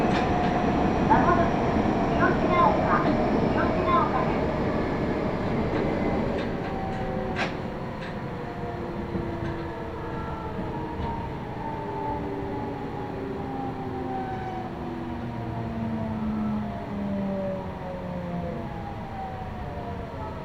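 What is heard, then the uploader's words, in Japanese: A Meitetsu Toyota Line train pulls away, its VVVF inverter whine rising in pitch as a series of tones climbing and stepping across the first twenty seconds. Low rumbling wheel and motor noise runs underneath, loudest early, with a few sharp clicks around seven seconds. 名古屋鉄道 豊田線 猿投→梅坪→赤池。やってきたのは地下鉄の車両なので発車の時のＶＶＶＦ音が特徴的なのがわかります。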